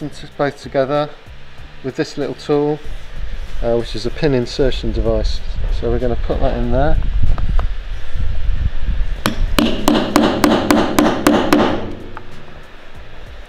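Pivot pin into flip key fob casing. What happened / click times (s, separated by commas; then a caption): The pivot pin was pressed only partway into the casing / none. A small pin insertion tool pushes a metal pivot pin into a plastic flip key fob casing while the fob is being re-cased. Someone talks, then a run of sharp taps is heard from about 9.3 s to 11.5 s. The pin goes only partly in and has not seated yet; it is left to be finished in the vise.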